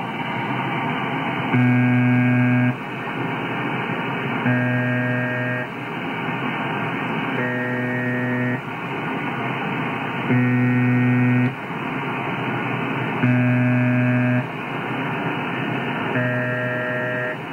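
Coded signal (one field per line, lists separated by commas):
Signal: channel marker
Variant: UVB-76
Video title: UVB 76 / UZB 76 The Buzzer - Emulation using Spectrum Lab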